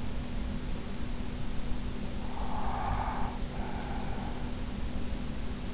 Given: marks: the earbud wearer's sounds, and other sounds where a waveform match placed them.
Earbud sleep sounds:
sounds in sleep by an in-ear microphone; breath
2.06-4.72 s: breath

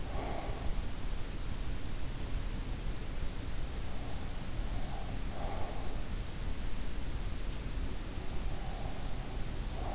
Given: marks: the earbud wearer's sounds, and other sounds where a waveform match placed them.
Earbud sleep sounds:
sounds in sleep by an in-ear microphone; breath
0.00-0.58 s: breath

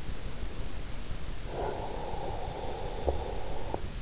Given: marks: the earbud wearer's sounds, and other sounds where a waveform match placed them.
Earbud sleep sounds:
sounds in sleep by an in-ear microphone; breath
0.92-3.92 s: breath

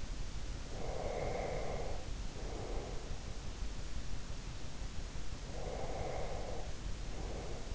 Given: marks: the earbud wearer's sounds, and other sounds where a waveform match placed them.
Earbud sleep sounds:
sounds in sleep by an in-ear microphone; breath
0.64-3.44 s: breath
5.46-7.75 s: breath

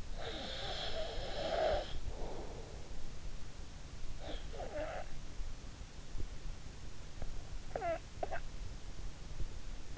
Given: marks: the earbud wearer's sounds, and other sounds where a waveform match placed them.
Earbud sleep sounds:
sounds in sleep by an in-ear microphone; snoring breath
0.00-2.99 s: snoring breath
4.16-5.13 s: snoring breath
7.68-8.65 s: snoring breath

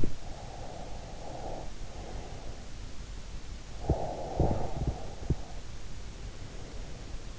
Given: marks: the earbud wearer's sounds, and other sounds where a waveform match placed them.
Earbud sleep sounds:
sounds in sleep by an in-ear microphone; breath
0.00-2.81 s: sound from someone else or the room
0.25-2.81 s: breath
3.76-7.39 s: breath

